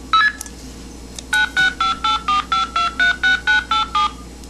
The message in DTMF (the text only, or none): 965845236987